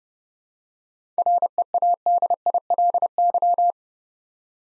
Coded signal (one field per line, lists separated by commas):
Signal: Morse code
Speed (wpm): 29 wpm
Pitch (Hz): 700 Hz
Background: none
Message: READILY